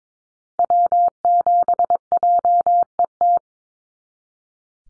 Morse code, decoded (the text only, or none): W7JET